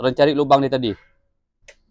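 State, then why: Seated. Someone talks while the spring-loaded locking pin on a Mitsubishi TB43/TB33 brush cutter's drive shaft is pulled and the shaft is turned in the engine housing coupling. At 1.7 s the pin drops into its hole with a short, sharp click. The shaft is locked in place.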